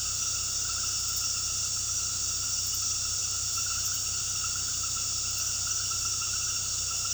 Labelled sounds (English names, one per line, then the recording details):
none
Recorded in pastures near Puerto Asís, Putumayo, Colombia, on 19 February 2024 at 20:00
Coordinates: 0.486, -76.323
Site G6462